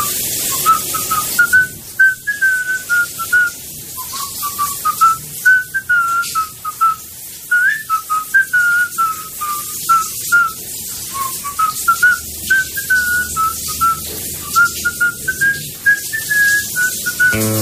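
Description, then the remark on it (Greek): Someone in the shower, presented as a man's shower, whistles a well-known march tune for the whole stretch, a steady, high, clear melody of short rhythmic phrases rising and falling, with no talking and a faint hiss underneath. “Το γνωστό εμβατήριο.”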